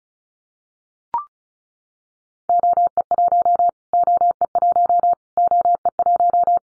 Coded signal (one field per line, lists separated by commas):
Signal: Morse code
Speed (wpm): 34 wpm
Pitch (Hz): 700 Hz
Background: none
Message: OE1 OE1 OE1